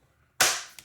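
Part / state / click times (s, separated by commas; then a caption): USB wireless receiver into keyboard storage slot / seated / 0.4 s. A wireless USB receiver is placed into its magnetic storage slot on an 8BitDo Retro Mechanical Keyboard M Edition. It snaps in at 0.4 s with one sharp, bright crack that rings out and fades over about half a second, followed by two faint ticks near 0.8 and 0.9 s. The receiver is seated, held strongly so it won't fall out.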